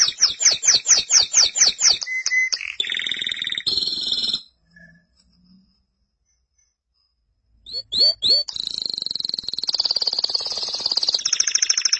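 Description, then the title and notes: Canary song: a run of rapidly repeated sweeping notes and buzzy phrases, a quiet gap, then upswept chirps leading into a long rolling trill. "BM Suara Kenari. BM Suara Burung Kenari"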